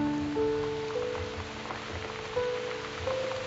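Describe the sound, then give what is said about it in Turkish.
Steady rain falls on a city, pattering and hissing without pause, a dense wash of drops, while a few soft sustained tones drift underneath at low volume. “Yağmur şehre bir yağdı, ben ağladım.”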